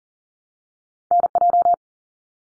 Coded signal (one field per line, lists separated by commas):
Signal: Morse code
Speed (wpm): 38 wpm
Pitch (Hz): 700 Hz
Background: none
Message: NJ